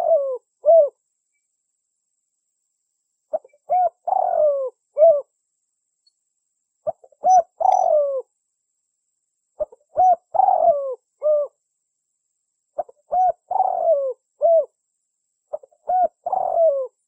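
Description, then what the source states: Spotted Dove giving repeated cooing phrases, a quick soft lead-in, then a long hoarse falling coo and a short end note, phrases about every three seconds. Used as a lure call to attract doves.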